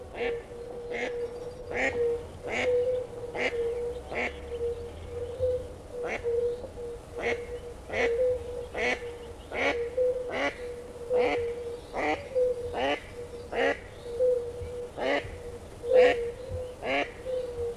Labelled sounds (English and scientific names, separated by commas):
Fire-Bellied Toad (Bombina bombina) call